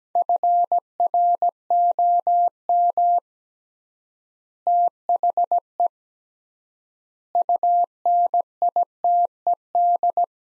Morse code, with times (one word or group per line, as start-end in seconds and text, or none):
0.2-3.2 FROM
4.7-5.9 THE
7.4-10.2 UNITED